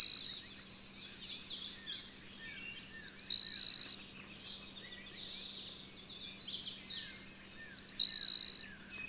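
Songbird song: bright staccato notes followed by a sustained high buzz, repeated about every five seconds over faint chirping.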